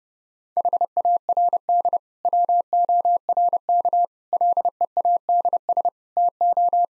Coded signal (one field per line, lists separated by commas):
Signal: Morse code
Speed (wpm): 30 wpm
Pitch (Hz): 700 Hz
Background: none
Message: HARD WORK LEADS TO